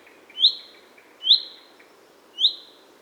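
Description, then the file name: Common chaffinch: three crisp, high, slightly sliding call notes spaced about a second apart. "Fringilla coelebs"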